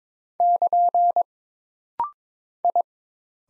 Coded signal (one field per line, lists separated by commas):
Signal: Morse code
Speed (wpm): 22 wpm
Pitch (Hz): 700 Hz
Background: none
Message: <KN> I